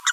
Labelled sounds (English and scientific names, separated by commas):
Green-rumped Parrotlet (Forpus passerinus) babbling